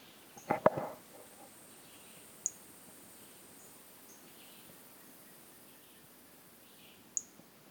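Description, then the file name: Brachycephalus albolineatus calls: two brief, very high chirp notes several seconds apart, after a loud low thump at the start, over a faint steady hiss. Individual 19, unvouchered. "Brachycephalus albolineatus individual 19 unvouchered"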